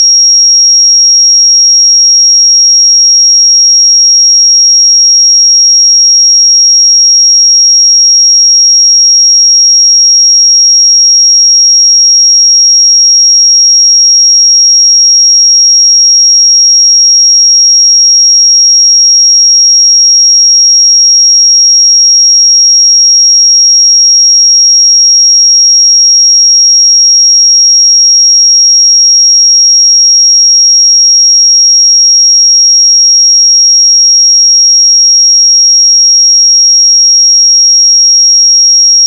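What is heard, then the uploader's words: A pure sine tone at 5602 Hz holds one unchanging high pitch for the whole clip. Its loudness stays perfectly level from start to finish, with no breaks, wavering or other sounds, and the silence around it is total. 5602 Hz 1 Hz Interval Sine Pure Tone Frequency 441000 Sample Mono.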